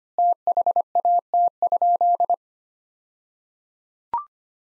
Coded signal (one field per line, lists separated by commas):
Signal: Morse code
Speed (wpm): 25 wpm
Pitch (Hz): 700 Hz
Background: none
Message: THAT?